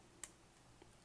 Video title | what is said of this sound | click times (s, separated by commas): Glucoracy G-425-2 Blood Glucose Monitoring System Instructions how to setup and use | until it locks in place now | 0.2 s